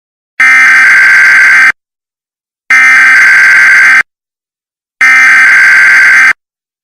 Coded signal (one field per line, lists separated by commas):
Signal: Emergency Alert System (SAME) tones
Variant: header bursts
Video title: C&C EAS Scenario - Part One: The Arrival